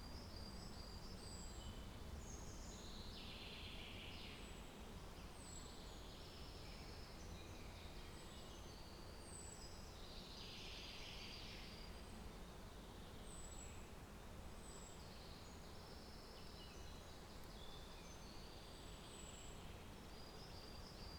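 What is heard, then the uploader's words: Birds sing in a forest, with thin, high chirps repeating every second or two and bursts of twittering over a steady low rumble. Audio recording of birds singing in the summer of 2022 in Trnovo forest.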